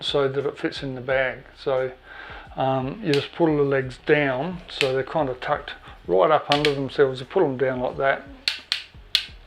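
Someone talks while pulling the legs of a Zomei Z818 tripod down from where they were folded up under themselves for storage in a bag into their open position. The leg angle locks in the tripod spider snap into place with solid clicks at 8.5, 8.7 and 9.2 seconds, and the legs are locked open.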